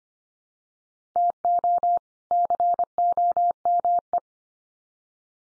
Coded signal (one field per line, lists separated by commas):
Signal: Morse code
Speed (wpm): 25 wpm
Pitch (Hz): 700 Hz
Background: none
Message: TO COME